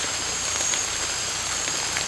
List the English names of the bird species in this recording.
none